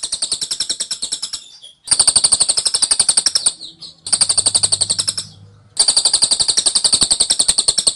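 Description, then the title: Scaly-crowned honeyeater song: dense, very fast trains of high, sharp notes in bursts of one to two seconds, separated by short pauses, with a faint low hum beneath one burst. Dense, insistent, long-duration "tembakan" (rapid-fire) song of an actively singing bird, used as training audio for Oriental magpie-robins. "Tembakan Cililin Rapat Ngotot Durasi Panjang Suara Cililin Gacor Untuk Masteran Murai Batu"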